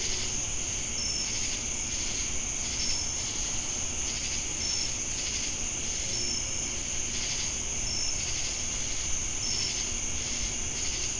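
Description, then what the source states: Cricket chorus with a continuous high-pitched ringing trill, throbbing buzzy layers rising and falling every second or so, and brief clear high notes repeating regularly above a low background rumble. Crickets with cicadas in Jamestown, North Carolina, on 10 August 2018.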